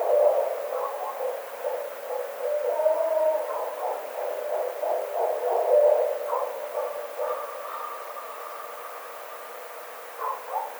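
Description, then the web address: Barred owl hooting: loud, fast runs of throbbing, cackling hoots through the first half, then fading into quieter drawn-out notes against a steady hiss. Recorded 9 April 2009. "Barred Owl 2009 04 09 Barred Owl"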